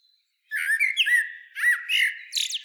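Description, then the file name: Common blackbird singing rich mellow fluted notes, then a harsher squeaky twitter phrase at the end, loud and clear against a quiet background. "Turdus merula"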